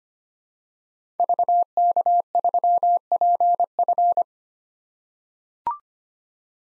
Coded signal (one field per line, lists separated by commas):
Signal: Morse code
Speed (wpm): 25 wpm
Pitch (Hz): 700 Hz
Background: none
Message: VK3PF